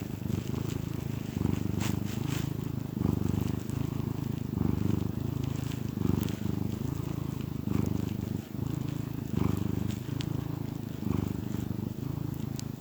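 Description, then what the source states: Domestic cat producing a strong, rhythmic low purr, each breath cycle audible as a rising and falling throb, with faint ticking sounds. Happy domestic cat purring.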